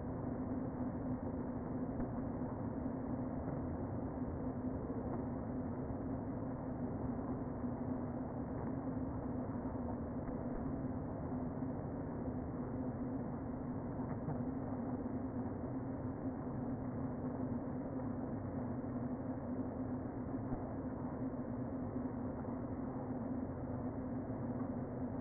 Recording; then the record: honeybee colony, microphone inside the hive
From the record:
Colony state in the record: queen present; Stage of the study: before two queens were removed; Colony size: about 60,000 bees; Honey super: yes